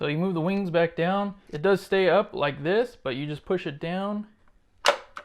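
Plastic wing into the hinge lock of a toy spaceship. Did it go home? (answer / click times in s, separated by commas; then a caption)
yes / 4.9 s. Someone talks while pushing the plastic wings of a Star Wars Vintage Collection Slave 1 (Boba Fett's ship) toy down into their hinge lock. A sharp click at 4.9 s marks the wings locking into place.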